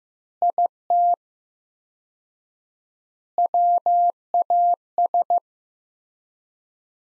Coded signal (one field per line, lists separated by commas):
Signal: Morse code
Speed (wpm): 15 wpm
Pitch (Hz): 700 Hz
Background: none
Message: IT WAS